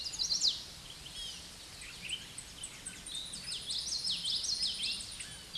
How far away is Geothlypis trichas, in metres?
about 20 m